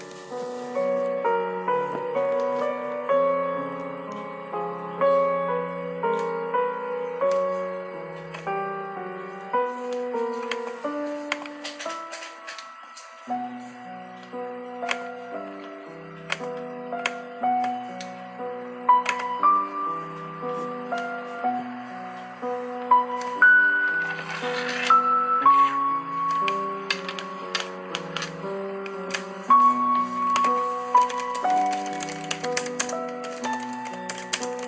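Soft piano music plays throughout, a steady flow of gentle notes and held chords with a brief dip around thirteen seconds. Over it come light tapping and clicking sounds like typing, sporadic at first and busier after twenty seconds, with a brighter rustle near twenty-five seconds.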